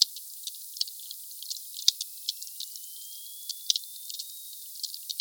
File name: Sphyrna Odyssey Glotinetal meute 4 Cachalots 3 kmdistance enregistre-2 msurface 12 mn Sud Monaco HP 8 k Hz ralenti 5 foisenviron 20200114 160058